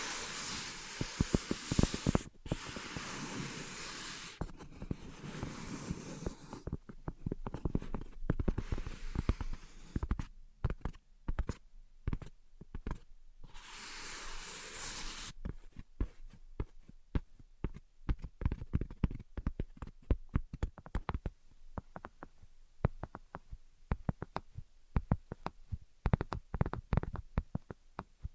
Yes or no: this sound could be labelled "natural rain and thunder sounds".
no